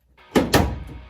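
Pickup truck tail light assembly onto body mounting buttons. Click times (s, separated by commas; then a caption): 0.4 s, 0.5 s. A plastic tail light assembly on a 2015 Ram 1500 pickup truck is slid onto its top and bottom ball mounting buttons on the body and pushed in. Two sharp thunks sound at 0.4 s and 0.5 s as it snaps into place, and the housing is confirmed seated. Music plays in the background.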